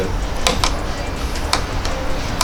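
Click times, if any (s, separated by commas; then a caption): none. A mechanic turns a wrench on a bolt going into a threaded hole on a car, and sharp ratchet-like ticks sound at about 0.5, 1.5 and 2.4 seconds over a steady low background hum. The bolt never tightens or seats: its thread slips and is stripped.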